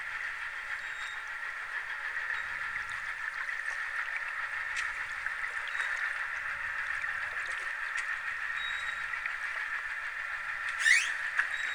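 A riverside pier beneath a bridge, filled with a steady, even wash centred in the midrange, like traffic and moving water blending together. Faint clicks and knocks appear now and then, and a brief bright squeak or chirp stands out near the end.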